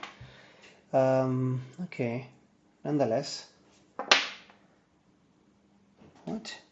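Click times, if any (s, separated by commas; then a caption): none. A replacement rubber/silicone band is handled against the lug of a Garmin Instinct smartwatch case while someone talks, with a few sharp handling taps, the loudest at about 4.1 s. The clip ends with nothing seated or clicked yet; the band is not home on the case.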